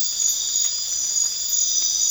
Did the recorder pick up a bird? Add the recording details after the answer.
no. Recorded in pastures near Puerto Asís, Putumayo, Colombia, on 8 March 2025 at 00:00. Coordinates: 0.502, -76.324. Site GP07